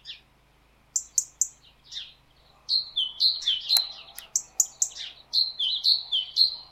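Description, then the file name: Great tit calls: thin high chips, then a long series of ringing falling two-note phrases with a sharp click in the middle, over faint low hum. "Parus major"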